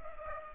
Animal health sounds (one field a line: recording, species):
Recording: mosquito wingbeat signal from an infrared sensor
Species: Culex pipiens